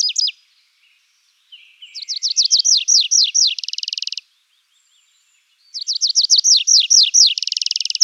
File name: anthus trivialis